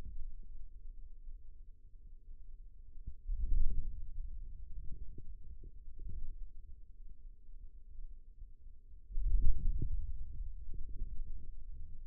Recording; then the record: forearm muscle sounds (acoustic myography)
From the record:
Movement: hand closing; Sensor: system 2, bracelet of six BSWA MPA416 microphones around the upper forearm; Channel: 3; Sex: male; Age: 22 years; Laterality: right